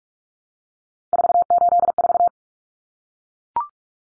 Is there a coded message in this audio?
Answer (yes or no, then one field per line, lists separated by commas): yes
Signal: Morse code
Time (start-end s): 1.1-2.3 s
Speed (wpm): 44 wpm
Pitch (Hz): 700 Hz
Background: none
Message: 484